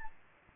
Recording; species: mosquito wingbeat signal from an infrared sensor; Aedes albopictus